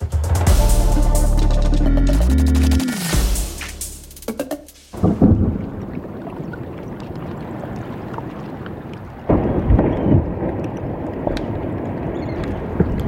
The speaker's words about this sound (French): Voilà, et ça n'est pas un orage. Ce bruit impressionnant est celui d'un bloc de glace qui se détache d'un iceberg.